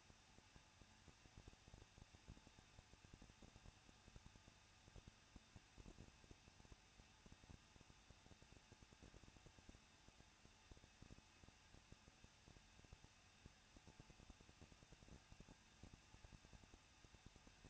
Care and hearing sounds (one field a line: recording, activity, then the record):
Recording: daily activity, microphone in the room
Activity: no activity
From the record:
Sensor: 2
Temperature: 21.0 degrees Celsius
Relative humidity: 37.3%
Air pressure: 1006.4 hPa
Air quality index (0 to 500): 220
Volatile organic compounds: 23 ppm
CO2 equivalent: 2777 ppm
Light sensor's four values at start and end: 2/3/2/2 and 2/3/2/2